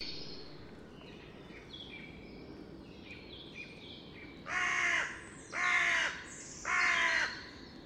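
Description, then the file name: Carrion crow giving three loud, hoarse caws about one second apart, with thin twittering of other birds before them. "Corvus corone"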